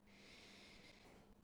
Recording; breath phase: one breath near a microphone; inhalation